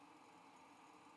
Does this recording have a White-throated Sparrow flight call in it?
no